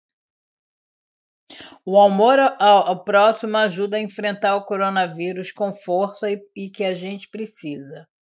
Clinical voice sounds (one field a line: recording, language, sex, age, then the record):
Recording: spoken sentence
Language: Brazilian Portuguese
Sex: female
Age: 60 to 69 years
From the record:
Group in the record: control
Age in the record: 60 years